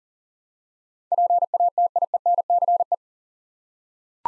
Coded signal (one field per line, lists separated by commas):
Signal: Morse code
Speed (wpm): 40 wpm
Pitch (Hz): 700 Hz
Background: none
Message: PATIENCE